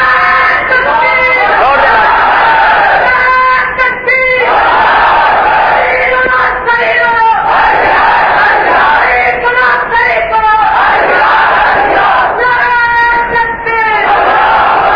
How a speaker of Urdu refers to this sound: ابھی میں بات کا پہلا جز لیا ہے میں نے, اس لیے نعرے آپ حضرات کم لگائیں, مہربانی کر کے مسئلہ سمجھنے کی کوشش کریں.